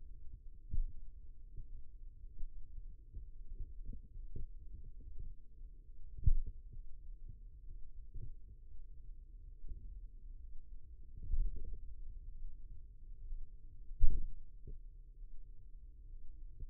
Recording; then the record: forearm muscle sounds (acoustic myography)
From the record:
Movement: finger pinch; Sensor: system 2, bracelet of six BSWA MPA416 microphones around the upper forearm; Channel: 4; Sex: male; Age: 22 years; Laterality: right